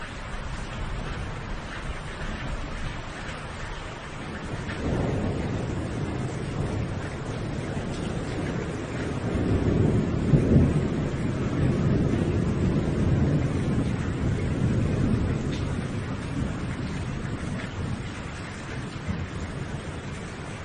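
A steady wash of rain-like hiss runs throughout, with deep rolling thunder swelling in around five seconds and building again from ten to fifteen seconds before easing. The rumble is low, never sharp, and the hiss stays constant underneath.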